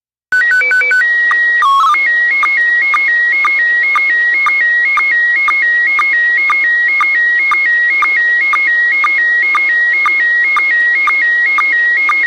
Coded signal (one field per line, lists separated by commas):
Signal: SSTV (slow-scan television)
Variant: PD 120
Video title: LCDRA Live Stream - 145.390 Lansing and 146.700 - Slow Scan TV Net